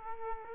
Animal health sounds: mosquito wingbeat signal from an infrared sensor; Culex quinquefasciatus

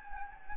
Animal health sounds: mosquito wingbeat signal from an infrared sensor; Anopheles gambiae

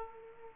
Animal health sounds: mosquito wingbeat signal from an infrared sensor; Aedes aegypti

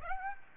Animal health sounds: mosquito wingbeat signal from an infrared sensor; Aedes aegypti

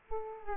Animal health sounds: mosquito wingbeat signal from an infrared sensor; Aedes aegypti

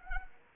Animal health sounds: mosquito wingbeat signal from an infrared sensor; Anopheles arabiensis

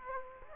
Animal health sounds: mosquito wingbeat signal from an infrared sensor; Aedes aegypti

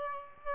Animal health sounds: mosquito wingbeat signal from an infrared sensor; Aedes albopictus

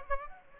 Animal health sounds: mosquito wingbeat signal from an infrared sensor; Aedes aegypti

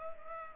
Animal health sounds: mosquito wingbeat signal from an infrared sensor; Culex pipiens

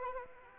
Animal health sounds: mosquito wingbeat signal from an infrared sensor; Anopheles arabiensis

